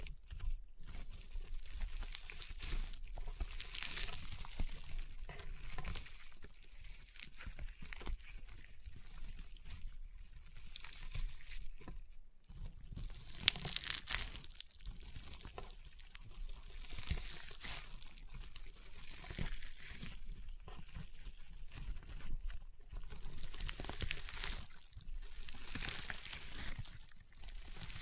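Crunchy, popping slime is squeezed and pressed in a dense, continuous stream of tiny crackles and pops. The sound is bright and crisp, swelling in wetter bursts around 4, 14 and 25 seconds, with a brief near-silent gap just after 12 seconds.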